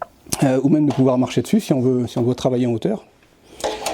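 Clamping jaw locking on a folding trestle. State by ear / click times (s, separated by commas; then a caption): seated / 3.6 s, 3.9 s. Someone talks until about 3.0 s, then the clamping jaw of a folding work trestle (Metabo MAB 82) is closed so it can hold timber like a vise. Two sharp clicks at 3.6 s and 3.9 s mark the jaw locking into place.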